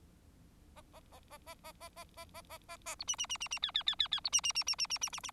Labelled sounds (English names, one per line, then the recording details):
Bengalese Finch song
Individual Bird4